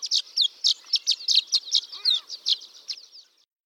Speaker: that was the chipping and chatter of violet-green swallows, a beautiful swallow of the open woodlands.